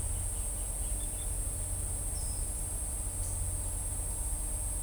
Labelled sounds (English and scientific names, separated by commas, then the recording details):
none
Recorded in shrubland near Pivijay, Magdalena, Colombia, on 2 June 2023 at 14:30
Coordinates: 10.453, -74.365
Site P5-G022